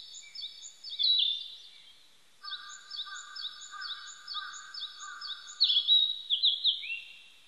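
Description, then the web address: Narcissus flycatcher song of varied high whistled phrases, with a lower twittering part in the middle and a loud falling phrase near the end. Recorded on 25 April 1998. "1998 980425 kibitaki"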